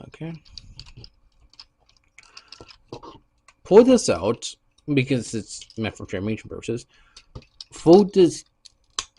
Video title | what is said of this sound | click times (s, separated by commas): Transformers studio series 86 long haul and hook review | Fold this down till it snaps in. And there you go. | 9.0 s